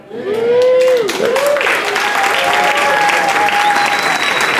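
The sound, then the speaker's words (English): An audience applauds the children at a child dedication, with steady, dense clapping that holds loud throughout, while a few voices call out and cheer above the crowd noise. “They're clapping for the children, eh?”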